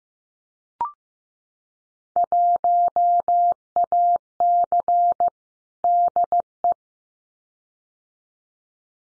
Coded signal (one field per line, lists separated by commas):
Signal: Morse code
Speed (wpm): 15 wpm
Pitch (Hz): 700 Hz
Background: none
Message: 1AC DE